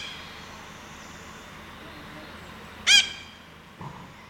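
Red-breasted parakeet giving one loud screech, followed by a brief softer sound, amid steady background noise.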